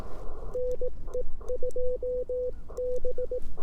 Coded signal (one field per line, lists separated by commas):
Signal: Morse code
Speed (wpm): 18 wpm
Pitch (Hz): 500 Hz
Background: none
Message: NE2B